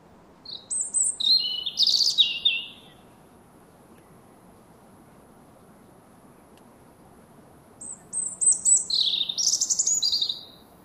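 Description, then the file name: European robin delivering two short high twittering phrases several seconds apart, in an otherwise quiet setting. "Erithacus rubecula"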